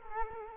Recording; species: mosquito wingbeat signal from an infrared sensor; Culex quinquefasciatus